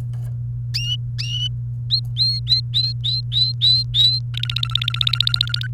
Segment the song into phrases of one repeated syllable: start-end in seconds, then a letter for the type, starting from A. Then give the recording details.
1.90-4.19 A, 4.34-5.67 B. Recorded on 28 April 2018 at 14:12. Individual llb3